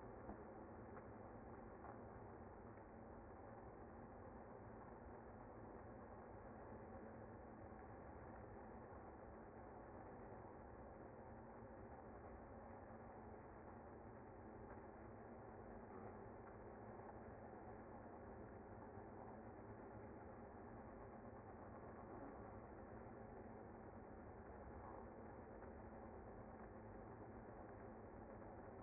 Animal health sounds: honeybee colony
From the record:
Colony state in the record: active

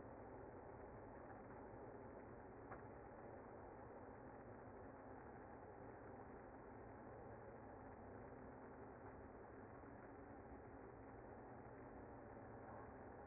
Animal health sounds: honeybee colony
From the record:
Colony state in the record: active

